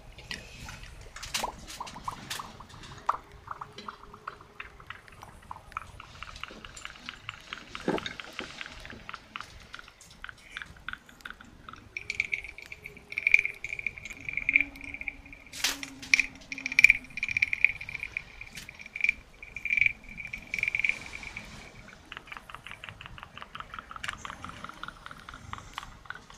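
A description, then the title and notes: Dense tapping and small clicks run throughout, at times quickening into rapid rattling runs. From about 12 to 21 seconds a steady, bright whistling tone holds beneath the taps, pulsing every second or so, while faint low hums come and go underneath. NO TALKING OR WHISPERING.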